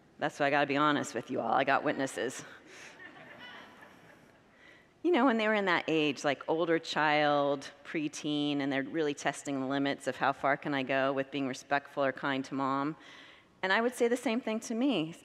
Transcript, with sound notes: That’s why I’ve got to be honest with you all. I’ve got witnesses. [Congregants laugh] You know, when they were in that age — like older child/preteen, and they’re really testing the limits of how far can I go with being respectful or kind to mom – and I would say the same thing to me: